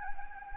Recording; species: mosquito wingbeat signal from an infrared sensor; Anopheles gambiae